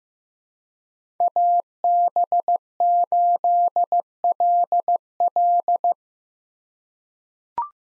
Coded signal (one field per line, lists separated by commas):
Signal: Morse code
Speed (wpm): 15 wpm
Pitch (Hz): 700 Hz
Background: none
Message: AB8LL